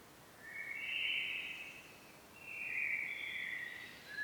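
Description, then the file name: Common blackbird song: two smooth whistled phrases separated by a short pause. "Turdus merula"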